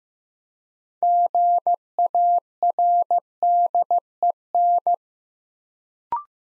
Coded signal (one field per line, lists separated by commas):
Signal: Morse code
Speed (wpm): 15 wpm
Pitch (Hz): 700 Hz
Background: none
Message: GARDEN